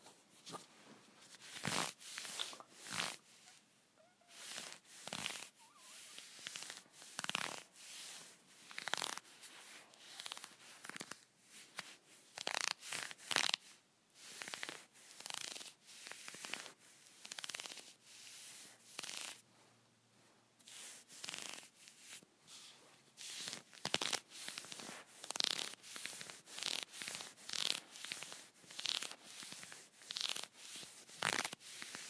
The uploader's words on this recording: ASMR Scratching my Leggings.